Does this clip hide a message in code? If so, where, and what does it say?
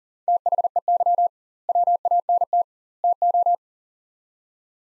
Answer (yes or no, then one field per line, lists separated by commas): yes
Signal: Morse code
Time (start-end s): 0.3-3.5 s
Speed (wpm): 40 wpm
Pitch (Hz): 700 Hz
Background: none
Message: THEY WANT TO